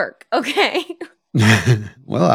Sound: chuckles